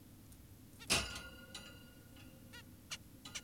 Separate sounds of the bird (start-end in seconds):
0.80-0.86, 2.54-2.62, 2.91-2.98, 3.35-3.41